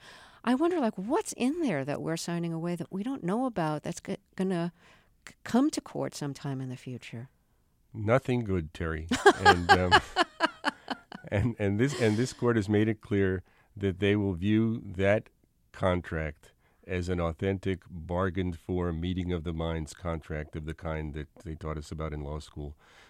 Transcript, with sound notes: I wonder, like, what's in there that we're signing away that we don't know about that's going to come to court sometime in the future?
Nothing good, Terry.
(LAUGHTER)
And this court has made it clear that they will view that contract as an authentic, bargained-for, meeting-of-the-minds contract of the kind that they taught us about in law school.